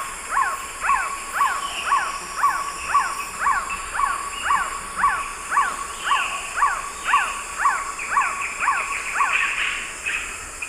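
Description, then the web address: Black-tailed trogon song: a long steady series of short, peaked notes, about two per second, held at an even pitch. Recorded in the eastern lowlands of South America. "Natures Songs S America Eastern Lowlands Trogon melanurus, song"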